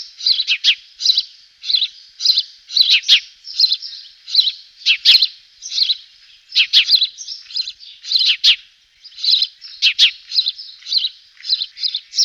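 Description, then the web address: Sparrow calls: a steady, rapid run of many sharp, high chirps throughout. "Voegel Spatz"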